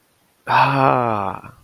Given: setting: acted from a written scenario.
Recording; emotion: vocal sound without words; desire